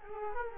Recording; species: mosquito wingbeat signal from an infrared sensor; Culex quinquefasciatus